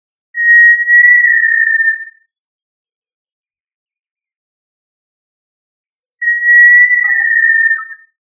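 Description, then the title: Tinamou whistled call: two pure, level whistles, each nearly two seconds long and falling slightly at the end, separated by several seconds of silence. "Familia Tinamidae - Quail - Puyuh"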